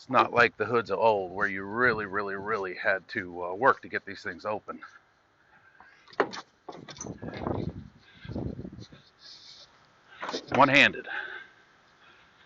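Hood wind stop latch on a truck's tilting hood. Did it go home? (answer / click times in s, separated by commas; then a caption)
yes / 8.4 s. A 2024 Mack Pinnacle day cab truck's tilting hood is opened one-handed while someone talks. In the quiet middle stretch the hood swings with low creaks and rumble, and the wind stop, a hold-open latch that keeps the hood from closing in wind, engages with a click at 8.4 s. Talking resumes afterwards.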